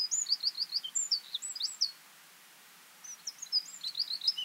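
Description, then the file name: Eurasian wren with quick, high, tumbling notes, a silent second, then a fresh twittering burst. "Troglodytes troglodytes"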